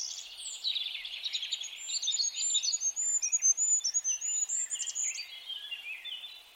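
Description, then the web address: Bird song, a long high run of fast looping notes over a busier lower warble. "birddata Deverinetal 2025"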